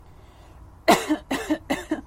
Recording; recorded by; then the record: voluntary cough; messaging app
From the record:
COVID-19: negative